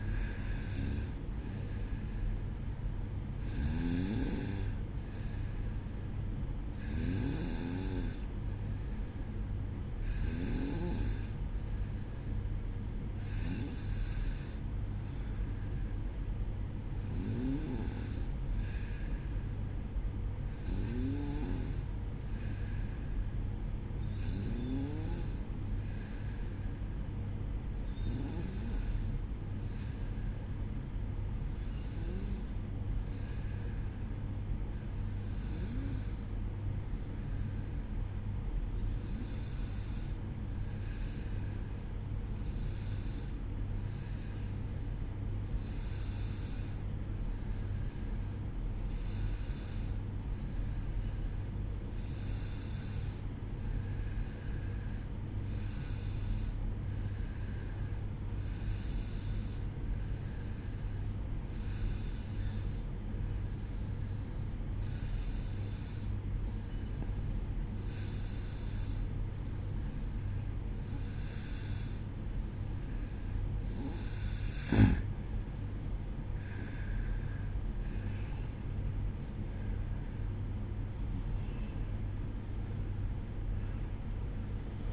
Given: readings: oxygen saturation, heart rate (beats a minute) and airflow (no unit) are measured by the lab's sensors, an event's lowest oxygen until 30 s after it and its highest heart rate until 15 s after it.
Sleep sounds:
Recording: breathing in sleep by a smartphone at the bedside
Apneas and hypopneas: 1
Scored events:
24.00-72.30 s: hypopnea (N1, oxygen 95% highest, then 92% lowest, heart rate 59 at the start, 71 highest)
48.00-78.00 s: new sleep stage, N2 (light sleep)
78.00-84.93 s: new sleep stage, N1 (lightest sleep)
From the record:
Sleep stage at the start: N1 (lightest sleep)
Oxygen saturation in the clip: 92 to 95%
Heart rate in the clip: 57 to 69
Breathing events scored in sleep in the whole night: 305 in 9.6 hours asleep

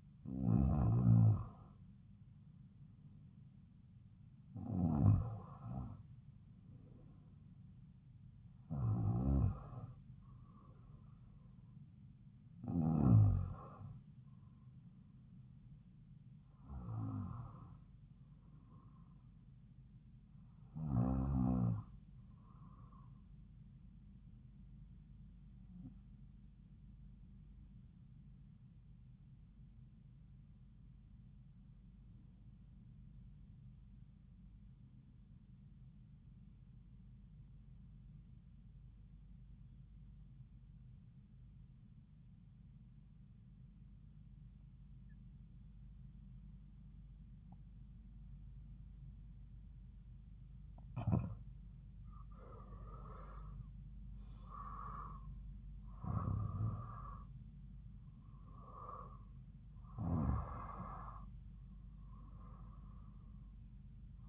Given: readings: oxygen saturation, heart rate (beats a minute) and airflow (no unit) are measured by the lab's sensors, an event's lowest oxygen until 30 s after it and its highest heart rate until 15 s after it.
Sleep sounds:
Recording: breathing in sleep by a smartphone at the bedside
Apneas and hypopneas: 1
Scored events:
13.00-64.29 s: new sleep stage, REM sleep
33.00-51.40 s: obstructive apnea (REM, oxygen 95% highest, then 86% lowest)
From the record:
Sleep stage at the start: N2 (light sleep)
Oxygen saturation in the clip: 87 to 95%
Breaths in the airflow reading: 11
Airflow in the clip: -6.6 to 6.6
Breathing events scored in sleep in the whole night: 270 in 6.1 hours asleep

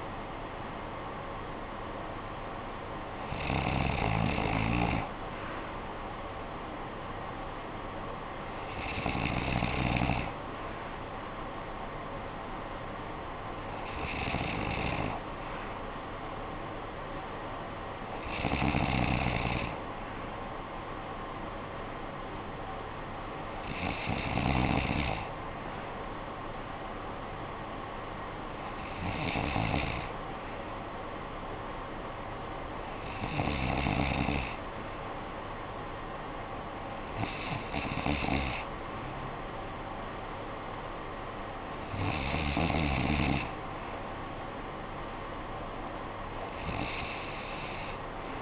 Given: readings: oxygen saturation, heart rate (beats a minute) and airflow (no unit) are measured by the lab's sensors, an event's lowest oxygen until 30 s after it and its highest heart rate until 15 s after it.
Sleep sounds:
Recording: breathing in sleep by a voice recorder at the bedside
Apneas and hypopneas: none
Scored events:
none scored
From the record:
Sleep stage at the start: N2 (light sleep)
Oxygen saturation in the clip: 93 to 94%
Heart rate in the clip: 53 to 58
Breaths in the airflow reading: 10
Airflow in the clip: -10.8 to 6.5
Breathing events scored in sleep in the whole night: 445 in 7.6 hours asleep

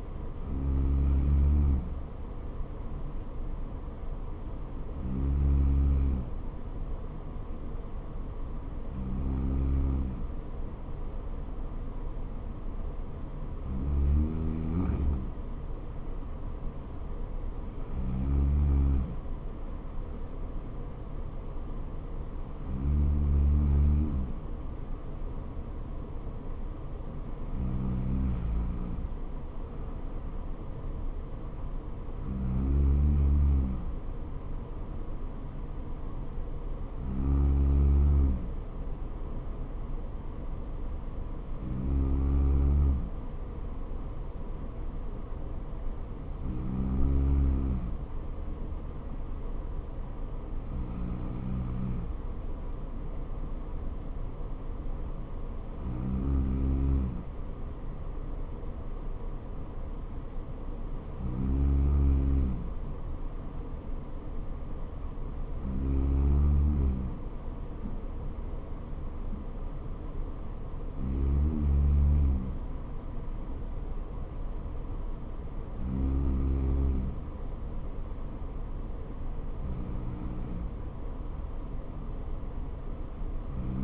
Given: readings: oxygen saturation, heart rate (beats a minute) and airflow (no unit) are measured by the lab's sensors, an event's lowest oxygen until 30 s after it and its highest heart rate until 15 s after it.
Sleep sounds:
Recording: breathing in sleep by a smartphone at the bedside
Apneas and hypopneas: none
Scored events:
70.00-83.84 s: new sleep stage, N3 (deep sleep)
From the record:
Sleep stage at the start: N2 (light sleep)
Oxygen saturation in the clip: 95%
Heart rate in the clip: 60 to 65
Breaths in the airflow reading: 19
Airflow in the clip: -4.4 to 3.5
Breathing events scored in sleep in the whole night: 79 in 6.3 hours asleep

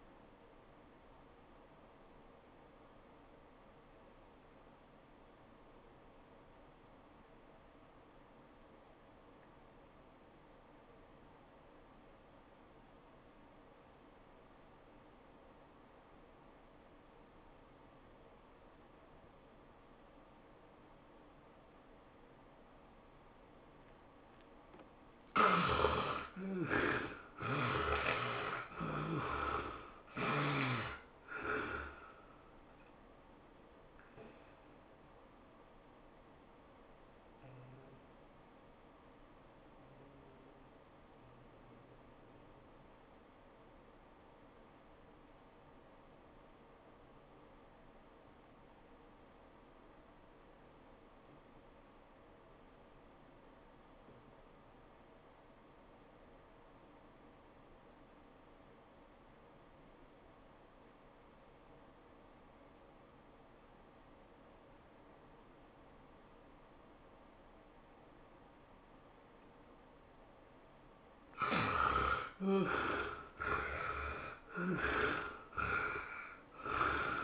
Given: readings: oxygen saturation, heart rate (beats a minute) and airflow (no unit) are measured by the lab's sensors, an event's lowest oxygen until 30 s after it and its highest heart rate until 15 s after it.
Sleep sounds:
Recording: breathing in sleep by a voice recorder at the bedside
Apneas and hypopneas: 2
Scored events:
3.00-24.10 s: obstructive apnea (N1, oxygen 96% highest, then 63% lowest, heart rate 94 at the start, 112 highest)
32.00-69.60 s: hypopnea (N1, oxygen 89% highest, then 61% lowest, heart rate 110 at the start, 113 highest)
40.00-77.24 s: new sleep stage, REM sleep
From the record:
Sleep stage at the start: N1 (lightest sleep)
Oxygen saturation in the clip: 63 to 96%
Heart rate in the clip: 67 to 112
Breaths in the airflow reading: 7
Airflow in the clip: -20.3 to 12.8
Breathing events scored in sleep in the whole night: 403 in 5.5 hours asleep

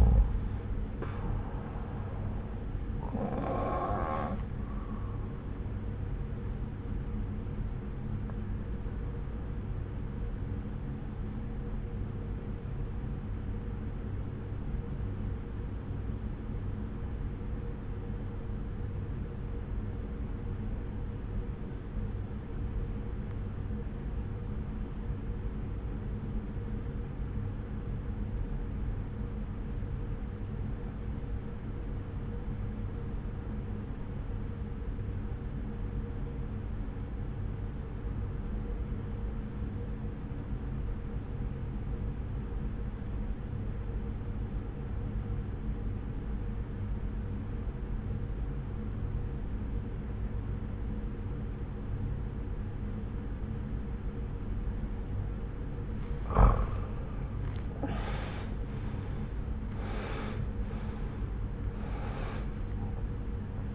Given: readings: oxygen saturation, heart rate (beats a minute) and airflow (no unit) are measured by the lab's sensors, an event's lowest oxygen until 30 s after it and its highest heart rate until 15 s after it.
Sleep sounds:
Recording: breathing in sleep by a smartphone at the bedside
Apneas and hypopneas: 1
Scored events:
9.00-59.00 s: obstructive apnea (N1, oxygen 96% highest, then 78% lowest)
33.00-63.75 s: new sleep stage, REM sleep
From the record:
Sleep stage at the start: N1 (lightest sleep)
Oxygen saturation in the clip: 84 to 96%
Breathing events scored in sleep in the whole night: 303 in 8.1 hours asleep

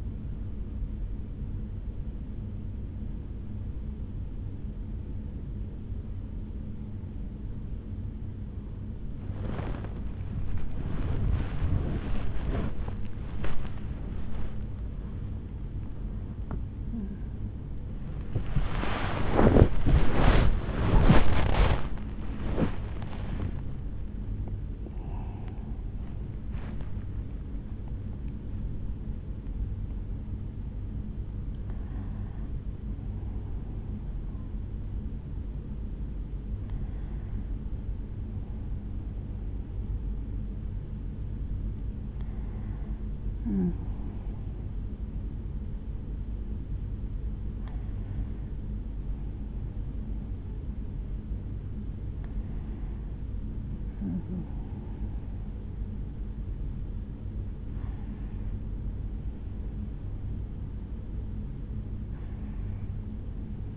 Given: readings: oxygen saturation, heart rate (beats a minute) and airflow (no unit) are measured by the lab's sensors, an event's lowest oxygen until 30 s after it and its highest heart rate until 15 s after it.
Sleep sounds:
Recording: a person awake in a sleep study, by a smartphone at the bedside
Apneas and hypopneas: none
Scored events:
0.00-63.77 s: awake
From the record:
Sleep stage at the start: awake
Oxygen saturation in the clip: 93 to 96%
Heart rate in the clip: 69 to 109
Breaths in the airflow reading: 15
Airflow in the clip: -6.2 to 8.0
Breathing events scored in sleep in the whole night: 449 in 7.0 hours asleep

